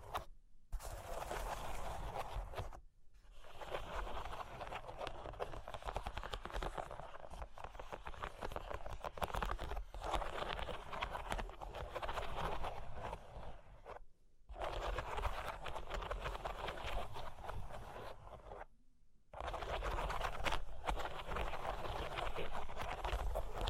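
Scratching and tracing across cork and wood, a dense, rough, continuous rasping that fills most of the clip. The texture stays busy and gritty, with short silent gaps near 0.5, 3, 14 and 19 seconds where the rubbing stops before resuming.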